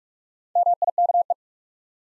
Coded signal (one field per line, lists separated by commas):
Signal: Morse code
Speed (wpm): 46 wpm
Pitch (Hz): 700 Hz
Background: none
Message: MIKE